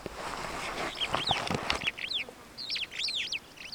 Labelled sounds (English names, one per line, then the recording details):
Superb Starling flight call
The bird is a female
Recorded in Kenya on 18 July 2010
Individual 85, of group SRB1